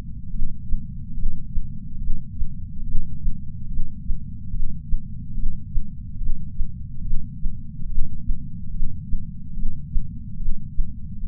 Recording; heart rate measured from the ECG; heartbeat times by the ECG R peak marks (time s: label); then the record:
heart sounds by patch sensor on the chest; 72 bpm
0.30 s: heartbeat
1.14 s: heartbeat
1.98 s: heartbeat
2.83 s: heartbeat
3.68 s: heartbeat
4.51 s: heartbeat
5.34 s: heartbeat
6.18 s: heartbeat
7.02 s: heartbeat
7.86 s: heartbeat
8.71 s: heartbeat
9.54 s: heartbeat
10.37 s: heartbeat
11.20 s: heartbeat
From the record:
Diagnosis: coronary artery disease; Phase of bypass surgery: intraoperative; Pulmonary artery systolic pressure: 29 mmHg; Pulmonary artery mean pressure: 19 mmHg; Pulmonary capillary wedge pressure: 12 mmHg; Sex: female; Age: 65 years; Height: 153 cm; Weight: 51.5 kg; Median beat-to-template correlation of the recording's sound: 0.95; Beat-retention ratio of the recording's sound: 0.99